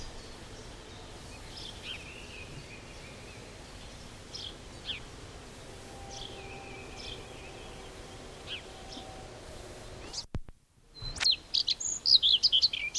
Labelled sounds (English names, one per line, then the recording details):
Common Redstart song
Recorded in the wild
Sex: male
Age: adult
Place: Schloß Holte-Stukenbrock, Senne, Nordrhein-Westfalen, DE
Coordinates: 51.8692, 8.66167
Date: 1967-05-14
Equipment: Uher 4000 Report-S, Bändchenmikro Beyer M 260, Parabolspiegel Polyester (470 mm)
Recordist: Conrads, Klaus